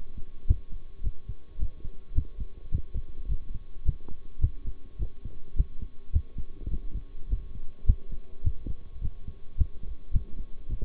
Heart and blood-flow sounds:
heart sounds by stethoscope; between the tricuspid and mitral areas; 106 bpm
0.47 s: heartbeat
1.03 s: heartbeat
1.59 s: heartbeat
2.15 s: heartbeat
2.71 s: heartbeat
3.28 s: heartbeat
3.85 s: heartbeat
4.41 s: heartbeat
4.99 s: heartbeat
5.56 s: heartbeat
6.12 s: heartbeat
6.71 s: heartbeat
7.29 s: heartbeat
7.86 s: heartbeat
8.44 s: heartbeat
9.01 s: heartbeat
9.57 s: heartbeat
10.13 s: heartbeat
10.69 s: heartbeat
From the record:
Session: bicycle stress test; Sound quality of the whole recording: good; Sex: male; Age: 23 years

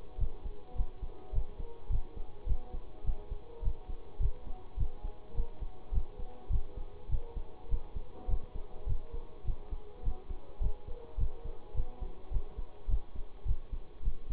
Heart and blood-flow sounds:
heart sounds by stethoscope; between the tricuspid and mitral areas; 104 bpm
0.18 s: heartbeat
0.75 s: heartbeat
1.32 s: heartbeat
1.89 s: heartbeat
2.46 s: heartbeat
3.04 s: heartbeat
3.62 s: heartbeat
4.19 s: heartbeat
4.77 s: heartbeat
5.34 s: heartbeat
5.92 s: heartbeat
6.49 s: heartbeat
7.09 s: heartbeat
7.68 s: heartbeat
8.27 s: heartbeat
8.86 s: heartbeat
9.44 s: heartbeat
10.02 s: heartbeat
10.60 s: heartbeat
11.17 s: heartbeat
11.74 s: heartbeat
12.30 s: heartbeat
12.88 s: heartbeat
13.45 s: heartbeat
14.02 s: heartbeat
From the record:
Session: bicycle stress test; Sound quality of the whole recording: good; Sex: male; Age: 26 years

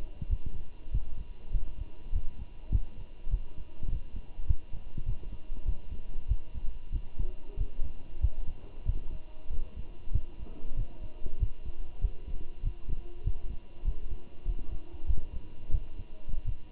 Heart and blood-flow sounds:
heart sounds by stethoscope; between the tricuspid and mitral areas; 97 bpm
0.30 s: heartbeat
0.92 s: heartbeat
1.53 s: heartbeat
2.13 s: heartbeat
2.72 s: heartbeat
3.31 s: heartbeat
3.90 s: heartbeat
4.48 s: heartbeat
5.06 s: heartbeat
5.66 s: heartbeat
6.29 s: heartbeat
6.93 s: heartbeat
7.57 s: heartbeat
8.22 s: heartbeat
8.86 s: heartbeat
9.51 s: heartbeat
10.13 s: heartbeat
10.77 s: heartbeat
11.40 s: heartbeat
12.02 s: heartbeat
12.64 s: heartbeat
13.24 s: heartbeat
13.85 s: heartbeat
14.46 s: heartbeat
15.07 s: heartbeat
15.72 s: heartbeat
16.46 s: heartbeat
From the record:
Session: walking at 3.7 km/h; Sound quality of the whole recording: good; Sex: male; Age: 23 years

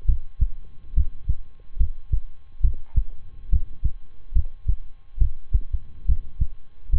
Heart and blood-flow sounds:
heart sounds by stethoscope; between the tricuspid and mitral areas; 70 bpm
0.05 s: heartbeat
0.93 s: heartbeat
1.76 s: heartbeat
2.60 s: heartbeat
3.49 s: heartbeat
4.32 s: heartbeat
5.17 s: heartbeat
6.05 s: heartbeat
6.89 s: heartbeat
From the record:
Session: rest, lying down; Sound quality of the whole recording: good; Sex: male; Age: 23 years

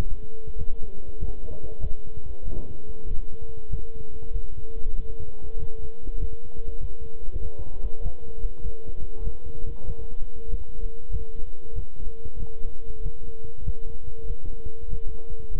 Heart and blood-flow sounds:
heart sounds by stethoscope; between the tricuspid and mitral areas; 96 bpm
0.56 s: heartbeat
1.18 s: heartbeat
1.79 s: heartbeat
2.43 s: heartbeat
3.06 s: heartbeat
3.69 s: heartbeat
4.31 s: heartbeat
4.95 s: heartbeat
5.57 s: heartbeat
6.18 s: heartbeat
6.78 s: heartbeat
7.40 s: heartbeat
8.01 s: heartbeat
8.60 s: heartbeat
9.22 s: heartbeat
9.84 s: heartbeat
10.48 s: heartbeat
11.09 s: heartbeat
11.73 s: heartbeat
12.37 s: heartbeat
13.01 s: heartbeat
13.63 s: heartbeat
14.25 s: heartbeat
14.88 s: heartbeat
15.50 s: heartbeat
From the record:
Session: walking at 3.7 km/h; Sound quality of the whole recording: good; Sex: male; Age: 26 years

